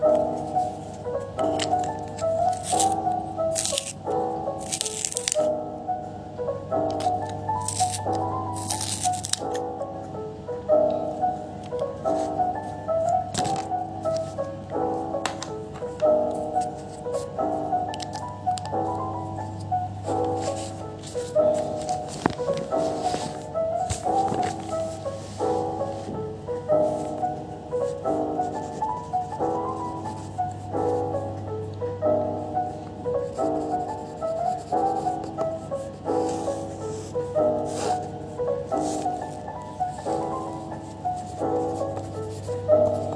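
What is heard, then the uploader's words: Steady background music with a repeating melodic pattern and soft low pulses, while brief scratchy scribbling strokes cut in, busiest early on. Bg music and scribbling sounds.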